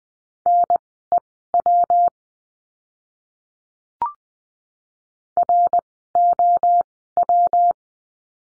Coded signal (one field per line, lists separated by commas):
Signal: Morse code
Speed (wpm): 20 wpm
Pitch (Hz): 700 Hz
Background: none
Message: NEW ROW